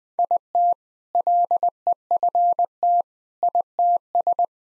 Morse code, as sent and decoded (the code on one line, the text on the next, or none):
.. - / .-.. . ..-. - / .. - ...
IT LEFT ITS